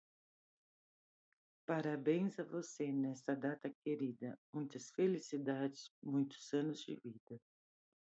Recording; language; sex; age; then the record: short text; Brazilian Portuguese; female; 60 to 69 years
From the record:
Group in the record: control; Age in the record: 62 years